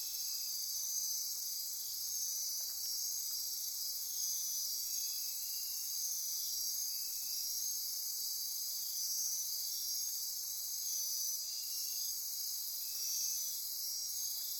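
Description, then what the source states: Insect chorus with a steady high-pitched shimmering drone and rhythmic pulsed trills repeating in short bursts, no other sounds standing out. Insect chorus recorded at midnight near Corcovado.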